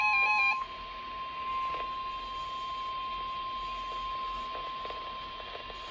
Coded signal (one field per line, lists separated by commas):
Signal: Emergency Alert System (SAME) tones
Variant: 1050 Hz attention tone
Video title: Required Weekly Test on KEC80 (EAS Alert: #49) - 5/29/19